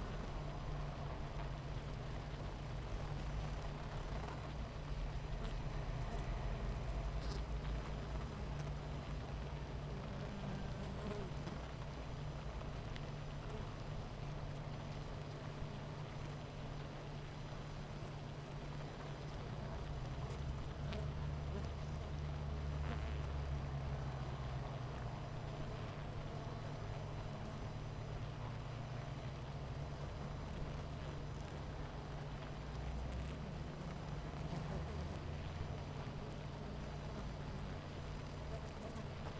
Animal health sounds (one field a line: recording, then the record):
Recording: honeybee colony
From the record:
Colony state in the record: missing queen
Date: 14 July 2017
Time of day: 10:00